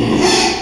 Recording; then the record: squeal of a Yucatan mini pig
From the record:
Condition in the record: after surgery on the right vocal fold (resection and tissue-engineered implant); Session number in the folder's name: 2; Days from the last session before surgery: 13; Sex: male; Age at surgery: 12 weeks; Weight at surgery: 13 kg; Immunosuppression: cyclosporine, prednisolone